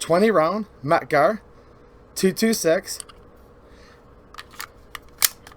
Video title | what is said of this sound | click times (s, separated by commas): 🔵 Taurus Pistol Collection Review 2020 : Gun Collection | clicks right in place and i've done videos on these many times | 5.2 s